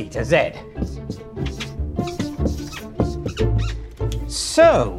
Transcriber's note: soundbite of marker writing